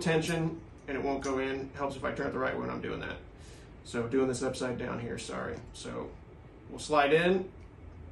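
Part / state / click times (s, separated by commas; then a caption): terminal pin into automotive connector housing / not seated / none. A terminal pin is being slid into a plastic automotive connector housing while someone talks throughout the clip. Speech fills the clip and no distinct click stands out. The pin has not seated or clicked into place yet.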